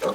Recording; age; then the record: pig call; piglet (1 to 25 days)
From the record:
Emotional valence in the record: positive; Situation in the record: after nursing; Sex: male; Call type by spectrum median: low-frequency call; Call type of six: low-frequency tonal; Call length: 0.15 s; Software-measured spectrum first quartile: 484 Hz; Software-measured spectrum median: 676 Hz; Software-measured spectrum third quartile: 1464 Hz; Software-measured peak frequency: 517 Hz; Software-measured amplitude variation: 95 dB a second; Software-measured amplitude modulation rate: 16.6 a second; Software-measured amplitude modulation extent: 5.8 dB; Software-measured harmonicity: 3.0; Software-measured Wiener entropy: -1.16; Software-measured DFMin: 978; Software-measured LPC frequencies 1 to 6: 528, 1165, 2395, 3442, 3852, 4808 Hz